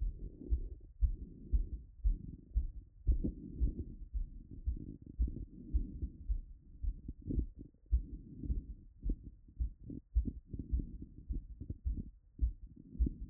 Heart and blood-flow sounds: heart sounds by stethoscope after running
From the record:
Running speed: 8 mph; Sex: male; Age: 20 to 29 years

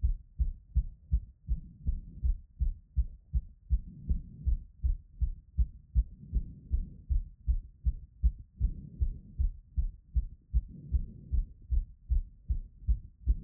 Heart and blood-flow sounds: heart sounds by stethoscope after running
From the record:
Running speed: 8 mph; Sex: male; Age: 20 to 29 years

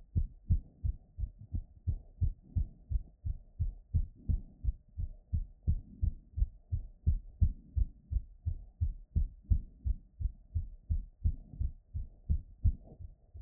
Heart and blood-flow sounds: heart sounds by stethoscope after running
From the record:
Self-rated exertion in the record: vigorous exertion (4 of 6); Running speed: 6 mph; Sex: male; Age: 21 years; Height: 168 cm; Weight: 61 kg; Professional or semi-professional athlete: no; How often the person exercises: under once a week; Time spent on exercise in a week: 1 to 2 hours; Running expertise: yes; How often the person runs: under once a week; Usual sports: running, hiking, soccer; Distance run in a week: 0 km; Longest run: 10 km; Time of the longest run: 50 minutes

